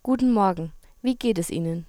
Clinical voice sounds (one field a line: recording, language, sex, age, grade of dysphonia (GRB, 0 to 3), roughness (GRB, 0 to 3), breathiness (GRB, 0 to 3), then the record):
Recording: spoken sentence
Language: German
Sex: female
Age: 18 to 19 years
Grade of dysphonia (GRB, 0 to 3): 1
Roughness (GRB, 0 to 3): 0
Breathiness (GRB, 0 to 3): 1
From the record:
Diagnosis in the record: functional dysphonia, psychogenic dysphonia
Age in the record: 18 years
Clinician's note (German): Sängerstimme